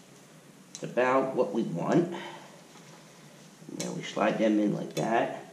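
A brake pad or its retaining clip is slid by hand into the rear caliper bracket of an '84 Cutlass G-body during a rear disc brake conversion. Someone talks over soft handling and sliding sounds. Nothing has seated or clicked yet.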